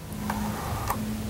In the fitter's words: and click that into place and it's all set up now